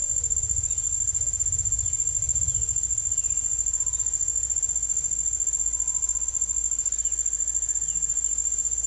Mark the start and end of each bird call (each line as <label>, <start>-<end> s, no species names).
bird call, 0.65-4.15 s
bird call, 6.92-8.87 s